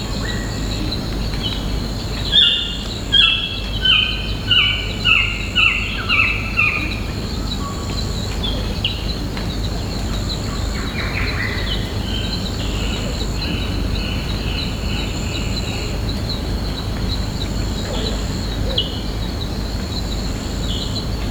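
Birds call in a tropical rainforest, one repeating a descending whistled series early on, over a dense steady hum of insects and forest noise.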